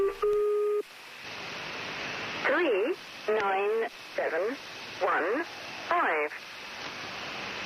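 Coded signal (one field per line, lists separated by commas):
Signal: numbers station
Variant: Lincolnshire Poacher, English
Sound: a brief steady tone, then about five evenly spaced, clipped spoken words over hiss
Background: radio static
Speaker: the Lincolnshire poacher embodies the format most commonly used in number station broadcasts preceding a message is two bars of the English folk song of the same name then a single five digit group of numbers repeated ten times then six chimes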